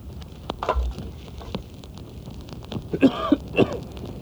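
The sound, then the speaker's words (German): A sputtering fire of wet wood hisses steadily, broken by scattered soft pops and crackles, with a few short, throaty bursts like coughing toward the end. “Nicht einmal ein Feuer brennt in diesem Land richtig, so nass ist das Holz.”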